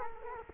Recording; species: mosquito wingbeat signal from an infrared sensor; Culex quinquefasciatus